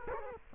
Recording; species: mosquito wingbeat signal from an infrared sensor; Culex quinquefasciatus